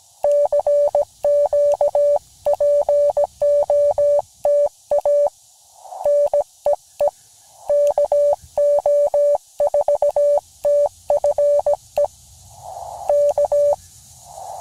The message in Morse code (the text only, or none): CQ POTA NEE KO4TFE K